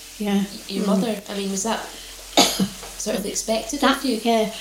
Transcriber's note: coughs